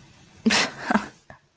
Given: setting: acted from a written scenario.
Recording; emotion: vocal sound without words; contempt